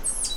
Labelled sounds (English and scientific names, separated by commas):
Stitchbird (Notiomystis cincta) song